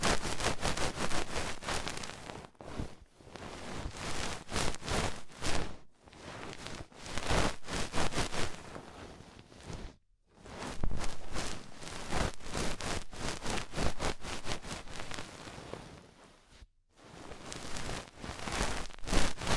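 Ear cleaning sounds with rhinestone and clay removal: dense, crackly scratching and rustling that fills the whole range from low to very bright. The texture comes in long busy stretches broken by brief silences near 2.5, 6, 10 and 17 seconds.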